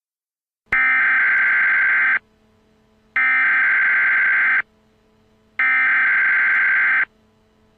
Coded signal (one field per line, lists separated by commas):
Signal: Emergency Alert System (SAME) tones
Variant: header bursts